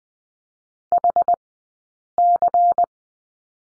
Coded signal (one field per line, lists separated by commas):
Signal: Morse code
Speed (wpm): 20 wpm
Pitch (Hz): 700 Hz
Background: none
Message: HC